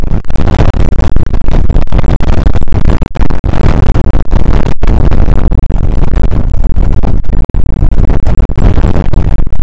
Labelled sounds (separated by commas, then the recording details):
wind
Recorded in the Prudhoe Bay oil fields, Alaska, on 2 August 2019 at 01:31
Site 29